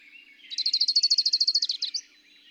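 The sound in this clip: Bird singing one quick, high-pitched trill of many evenly spaced notes over a second and a half, ending in a brief upward note.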